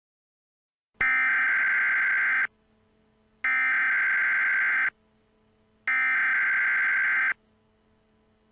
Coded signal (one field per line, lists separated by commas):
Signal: Emergency Alert System (SAME) tones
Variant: header bursts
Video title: EAS New Year's Special - New Year Disaster